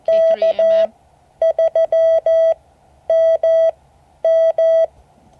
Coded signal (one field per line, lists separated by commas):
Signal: Morse code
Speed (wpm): 14 wpm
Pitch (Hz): 650 Hz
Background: none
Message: K3MM